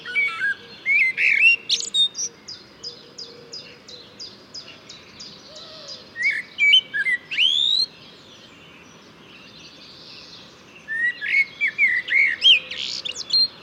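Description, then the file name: Eurasian blackbird song in bursts: mellow fluted warbles mixed with high thin squeaks and rapid twittering, separated by a few quiet seconds. "Turdus merula"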